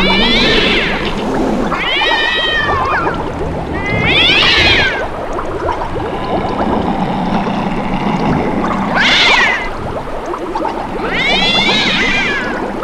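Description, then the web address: Cat howls come in several separate drawn-out wavering yowls over constant background noise. Howling cats, Halloween theme. "Halloween Nightmare CD Sound Effects -halloween sound effects-howling cats"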